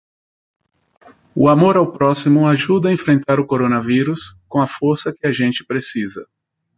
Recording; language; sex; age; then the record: spoken sentence; Brazilian Portuguese; male; 40 to 49 years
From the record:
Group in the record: control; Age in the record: 42 years